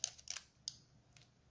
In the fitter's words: right there we go snaps right in